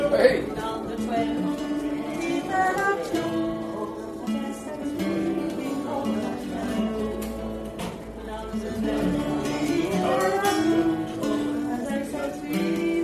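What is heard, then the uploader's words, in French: A lively bar scene with steady overlapping chatter and tonal music-like sounds, holding an even, dense level throughout with small swells. Kerry's bar a théme une chouette ambiance dans ce bar.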